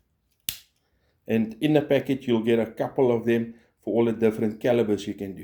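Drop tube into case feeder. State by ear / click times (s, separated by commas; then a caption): seated / 0.5 s. A plastic 9mm drop tube for a Lee Precision Universal Case Feeder is pushed back into the case feeder body and seats with a single sharp, loud click at 0.5 s. After a short silence, someone talks.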